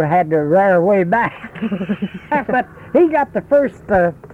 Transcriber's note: laughs